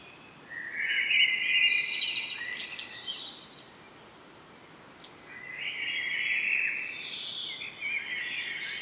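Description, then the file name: Common blackbird singing two mellow warbled phrases ending in higher twitters, separated by a quiet gap with steady hiss. "Turdus merula"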